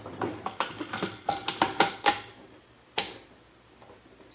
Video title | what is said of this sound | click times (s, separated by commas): 1 GForce GF99 DLX semiauto shotgun 12ga AR15 type | see the mag the mag won't lock in | none